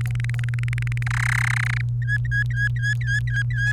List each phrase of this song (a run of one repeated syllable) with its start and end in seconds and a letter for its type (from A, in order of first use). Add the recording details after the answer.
0.01-1.03 A, 1.06-1.81 B, 2.01-3.72 C. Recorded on 29 April 2018 at 16:06. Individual llb3